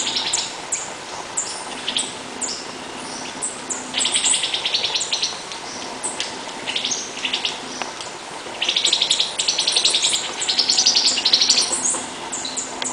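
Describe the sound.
Birds chirping in a lively chorus of quick, high twittering notes that come in waves, growing loudest toward the end.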